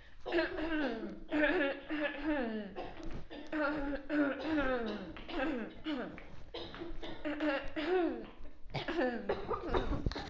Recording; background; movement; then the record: throat clearing; a bystander coughing; walking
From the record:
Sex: female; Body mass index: 18.3 kg/m2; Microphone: on the chest, facing outward